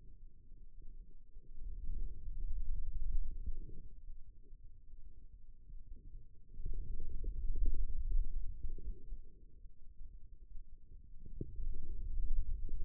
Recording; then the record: forearm muscle sounds (acoustic myography)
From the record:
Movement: pen grasping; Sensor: system 2, bracelet of six BSWA MPA416 microphones around the upper forearm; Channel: 4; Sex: male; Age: 22 years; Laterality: right